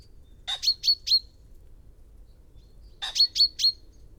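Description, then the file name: Common chaffinch call notes, clipped and high, given as two bursts of three or four quick chips about two and a half seconds apart. "Fringilla coelebs"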